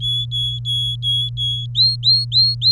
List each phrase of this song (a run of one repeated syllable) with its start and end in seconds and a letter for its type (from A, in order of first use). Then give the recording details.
0.00-1.66 A, 1.75-2.72 B. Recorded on 24 April 2018 at 09:10. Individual llb3